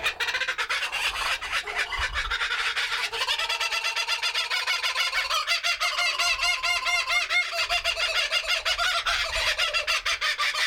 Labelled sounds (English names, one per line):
White-headed Buffalo-Weaver